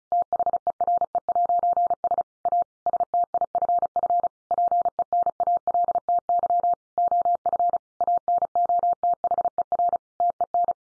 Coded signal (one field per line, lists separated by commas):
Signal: Morse code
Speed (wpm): 34 wpm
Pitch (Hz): 700 Hz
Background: none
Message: THERE'S A STIFF PENALTY OF ANOTHER TEN